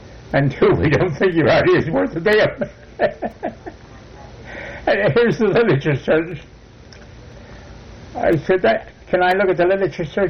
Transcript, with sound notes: and two, we don't think your idea's worth a damn! [laughter] Here's the literature search!" I said, "Can I look at the literature search?"